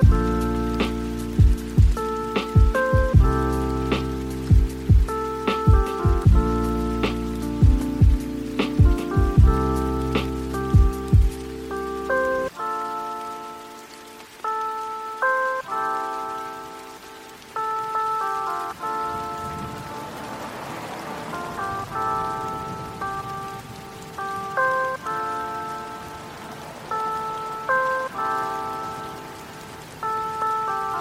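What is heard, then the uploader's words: Lo-fi hip-hop music with a steady, regular beat and repeating mellow chords. A deep thumping low end carries the first twelve seconds, then drops out, leaving lighter keys and a soft, rain-like crackle running underneath until the end. Lo-fi hiphop music.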